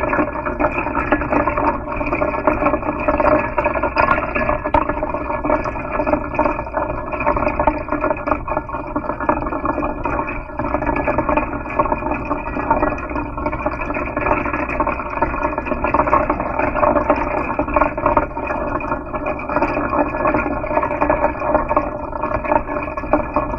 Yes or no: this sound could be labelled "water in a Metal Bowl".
yes